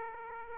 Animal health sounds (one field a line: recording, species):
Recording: mosquito wingbeat signal from an infrared sensor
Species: Aedes aegypti